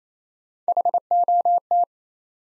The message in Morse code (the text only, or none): HOT